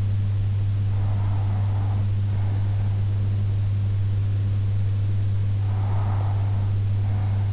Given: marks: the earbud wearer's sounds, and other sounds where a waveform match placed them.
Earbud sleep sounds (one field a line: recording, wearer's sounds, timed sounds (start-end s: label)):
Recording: sounds in sleep by an in-ear microphone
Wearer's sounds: breath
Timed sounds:
0.53-2.53 s: breath
5.53-7.53 s: breath